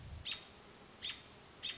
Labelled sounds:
American Robin (Turdus migratorius)
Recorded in Sonoma County, California

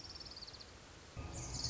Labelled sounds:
Orange-crowned Warbler (Leiothlypis celata)
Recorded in Sonoma County, California

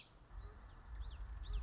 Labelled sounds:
Common Yellowthroat (Geothlypis trichas)
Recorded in Sonoma County, California

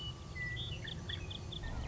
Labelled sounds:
Western Meadowlark (Sturnella neglecta)
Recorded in Sonoma County, California

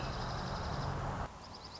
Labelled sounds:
Dark-eyed Junco (Junco hyemalis)
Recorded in Sonoma County, California

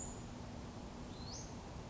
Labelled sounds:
Western Flycatcher (Empidonax difficilis)
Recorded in Sonoma County, California

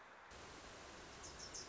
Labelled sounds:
Wilson's Warbler (Cardellina pusilla)
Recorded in Sonoma County, California

